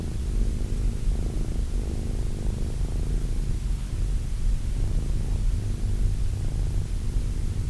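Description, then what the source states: Cat purr, a continuous deep vibrating rumble that swells slightly in places, with light background hiss. Cat named Wilson.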